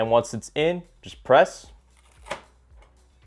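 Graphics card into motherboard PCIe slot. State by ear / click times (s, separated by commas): seated / 2.3 s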